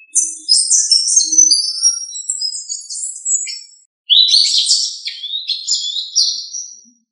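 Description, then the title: Thrush song: two long, varied phrases of high twittering, slurred whistles and quick warbles with a short gap between them, no competing sounds. "Familia Turdidae - Sabia"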